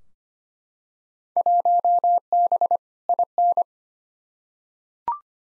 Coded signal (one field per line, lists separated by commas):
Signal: Morse code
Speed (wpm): 25 wpm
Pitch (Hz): 700 Hz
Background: none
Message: 1B IN